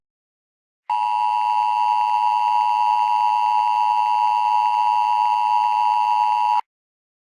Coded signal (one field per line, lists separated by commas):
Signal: Emergency Alert System (SAME) tones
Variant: 853 and 960 Hz attention tone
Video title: (FIXED VER) Eas scenario: The ef6 tornado incident